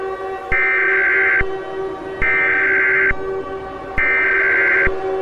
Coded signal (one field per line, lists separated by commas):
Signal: Emergency Alert System (SAME) tones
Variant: header bursts